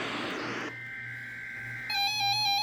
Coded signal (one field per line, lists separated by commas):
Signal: Emergency Alert System (SAME) tones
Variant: header bursts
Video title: (EAS #587-592) Night to Day to Evening (EAS Tests from 6/9/2021)